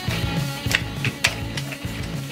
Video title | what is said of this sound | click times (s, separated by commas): Voltron Legendary Defender 16' Figure 5 Legendary Lions Practice Battles Power Rangers Megazord | so it easily just snaps right in | 1.2 s